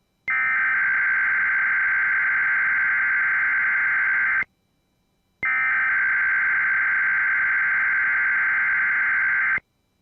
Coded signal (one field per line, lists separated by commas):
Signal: Emergency Alert System (SAME) tones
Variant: header bursts